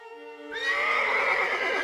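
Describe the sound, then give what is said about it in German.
A fallen, bleeding horse lying still harnessed to the shaft of a farm cart gives a high, quavering whinny that breaks after half a second into a loud, rough, breathy snorting blast lasting to the end, with no voices. “Wir standen alle von der Schule kommend um ein Pferd, das gestürzt war.”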